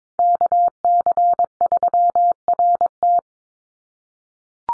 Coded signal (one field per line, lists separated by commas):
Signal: Morse code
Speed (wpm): 22 wpm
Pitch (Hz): 700 Hz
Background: none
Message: KC3RT